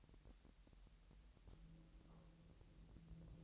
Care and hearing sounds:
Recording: daily activity, microphone in the room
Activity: take from stove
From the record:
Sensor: 3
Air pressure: 1002.0 hPa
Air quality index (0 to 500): 246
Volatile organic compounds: 49 ppm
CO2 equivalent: 3279 ppm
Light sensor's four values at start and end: 6/15/6/6 and 6/15/6/6

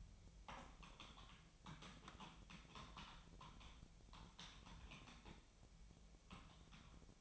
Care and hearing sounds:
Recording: daily activity, microphone in the room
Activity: typing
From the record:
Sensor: 1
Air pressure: 1009.5 hPa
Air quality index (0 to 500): 195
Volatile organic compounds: 19 ppm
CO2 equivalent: 2668 ppm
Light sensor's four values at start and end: 30/77/32/38 and 30/76/31/38

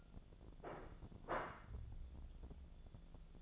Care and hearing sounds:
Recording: daily activity, microphone in the room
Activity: place plate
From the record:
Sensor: 5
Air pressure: 1000.3 hPa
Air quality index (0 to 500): 120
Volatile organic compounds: 1 ppm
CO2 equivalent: 954 ppm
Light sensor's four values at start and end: 97/229/98/106 and 97/229/98/106

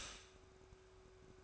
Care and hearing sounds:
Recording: daily activity, microphone in the room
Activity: stop toaster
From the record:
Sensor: 2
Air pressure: 1004.0 hPa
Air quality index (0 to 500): 192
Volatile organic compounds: 11 ppm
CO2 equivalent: 2299 ppm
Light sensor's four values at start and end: 4/10/4/4 and 4/10/4/4

